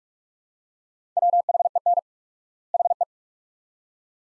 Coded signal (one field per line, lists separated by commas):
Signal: Morse code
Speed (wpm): 46 wpm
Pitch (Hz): 700 Hz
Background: none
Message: WHEN HE